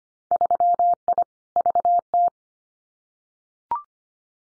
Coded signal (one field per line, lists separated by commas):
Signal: Morse code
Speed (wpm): 25 wpm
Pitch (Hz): 700 Hz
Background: none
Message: 3I VT